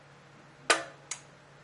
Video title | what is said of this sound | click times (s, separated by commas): oil change | a little click okay | 0.7 s